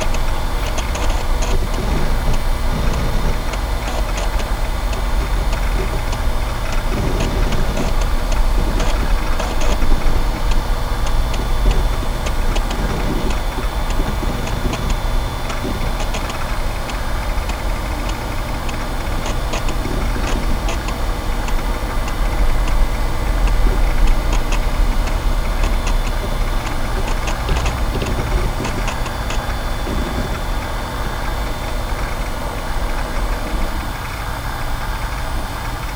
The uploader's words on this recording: VINTAGE COMPUTING • Take a Trip Back to the 90s. MyNoise Vintage Office.